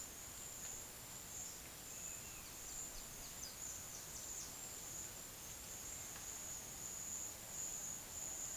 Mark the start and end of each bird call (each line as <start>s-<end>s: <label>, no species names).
1.93s-4.54s: bird call